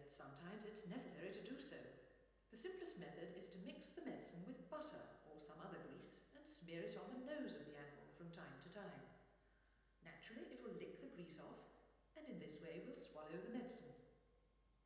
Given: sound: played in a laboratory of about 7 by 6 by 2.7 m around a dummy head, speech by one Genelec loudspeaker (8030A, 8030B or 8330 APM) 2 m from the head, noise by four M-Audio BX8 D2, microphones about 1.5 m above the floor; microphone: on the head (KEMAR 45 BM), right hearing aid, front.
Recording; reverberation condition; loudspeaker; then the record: female speech in English; high; 60 degrees to the right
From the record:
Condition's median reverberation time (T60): about 1300 ms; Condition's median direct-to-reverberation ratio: about -4.0 dB